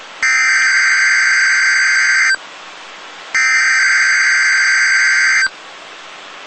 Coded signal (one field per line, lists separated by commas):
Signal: Emergency Alert System (SAME) tones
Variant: header bursts